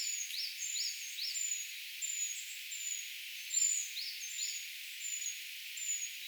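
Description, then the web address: Eurasian treecreeper calls, many thin, very high whistled notes with lower sweeping chirps mixed in, a busy continuous chatter. A brood of young birds calling; recorded 4 June 2025; identification tentative. "paivat 4 6 2025 tietaakseni puukiipijapesueen aantelya"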